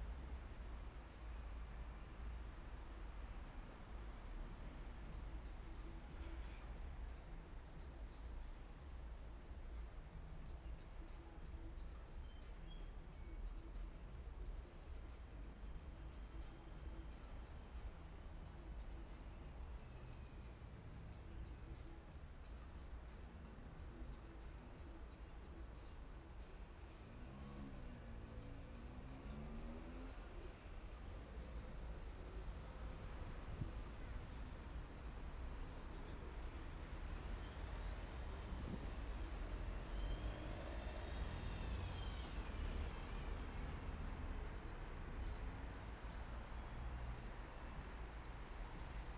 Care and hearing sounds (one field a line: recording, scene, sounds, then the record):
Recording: everyday scene through a hearing-aid microphone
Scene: in traffic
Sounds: traffic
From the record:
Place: main city hub, rush hour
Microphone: behind the ear, right, rear